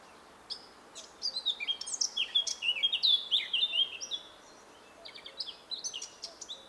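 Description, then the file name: Eurasian blackcap song: a fast, scratchy warble of varied chirps and twittering notes that builds, pauses briefly, then resumes in shorter bursts. "Sylvia atricapilla"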